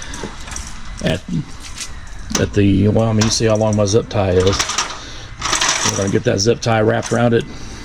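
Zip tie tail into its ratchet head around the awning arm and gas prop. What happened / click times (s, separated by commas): The zip tie is being handled and has not been ratcheted yet / none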